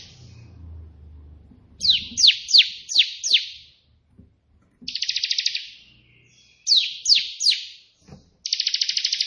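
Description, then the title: Prinia singing: five sharp slurred notes, then a rapid buzzy trill, three more slurred notes and another buzzy trill, with a low hum at the start. Prenjak putih song with three shooting-style variations (tembakan), intended as tutor song (masteran) for pet prinias. "3 VARIASI TEMBAKAN prenjak putih ini COCOK untuk masteran prenjak anda"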